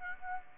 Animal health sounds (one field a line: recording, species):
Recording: mosquito wingbeat signal from an infrared sensor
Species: Aedes aegypti